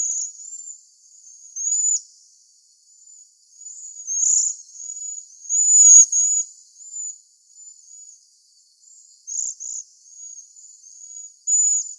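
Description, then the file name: Cedar waxwing calls: very high, thin, hissing whistles given in irregular bursts, some louder and drawn-out, with softer notes in between. Recorded in Arizona. "CEDW deviche"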